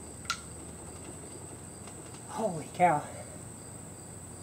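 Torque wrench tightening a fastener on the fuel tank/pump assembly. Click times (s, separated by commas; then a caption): 0.3 s. A torque wrench set to 80 is pulled on a fastener of the fuel tank and pump assembly during a fuel pump and tank replacement on a 2005 Mazda 3. It gives a single sharp click at 0.3 s, confirming the setting was reached, over a steady high-pitched background hiss. Afterward, someone talks.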